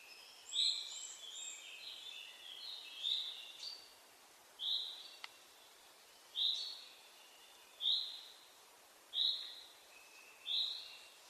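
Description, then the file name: Common chaffinch giving brief high calls, at first irregular and mixed with other twittering notes, then a steady series of single notes about every one and a half seconds. "Fringilla coelebs"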